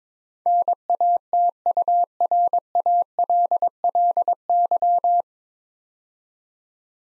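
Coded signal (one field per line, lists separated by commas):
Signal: Morse code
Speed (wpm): 22 wpm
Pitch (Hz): 700 Hz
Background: none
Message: NATURALLY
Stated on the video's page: Morse practice set at 22 wpm building 9-letter words three letters at a time, for instant character recognition training.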